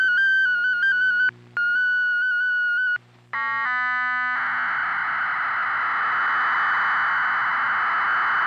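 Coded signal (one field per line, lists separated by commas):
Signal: fast PSK data mode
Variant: PSKR, 1880 wpm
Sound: warbling stepped tones, short gaps, then a steady broad rushing hiss to the end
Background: preceding digital mode tones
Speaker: finally we will take the pskr mode to its outer limits this is the ridiculously fast pskr 1880 words per minute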